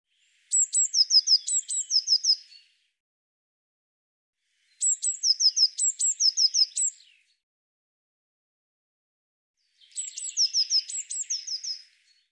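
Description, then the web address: Eurasian blue tit calls: three bursts of thin, high notes mixed with quick falling chips, each burst around two seconds long, silence between. "Deverinetal"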